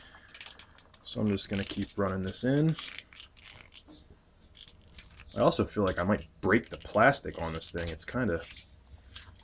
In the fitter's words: making some creaky noises oh there it goes just stripped